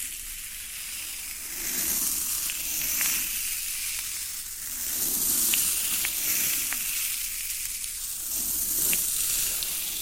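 Floral foam being worked, giving a continuous crackling, fizzing hiss much like something sizzling in a pan. The sound swells and fades in slow waves every couple of seconds, with a low rough rustle underneath and occasional sharp little snaps on top.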